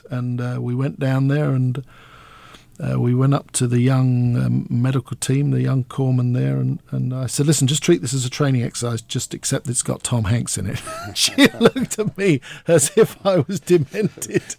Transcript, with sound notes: And we went down there, and we went up to the young medical team, the young corpsman there, and I said, listen, just treat this as a training exercise, just except it's got Tom Hanks in it.
(LAUGHTER)
She looked at me as I was demented.